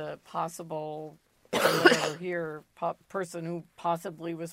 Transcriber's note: coughs